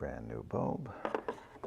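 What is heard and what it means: A new H7 bulb is handled on its way back into the headlamp bulb holder of a VW Golf while someone talks, with a couple of brief handling sounds near the end. The bulb is not yet home; nothing has seated or clicked yet.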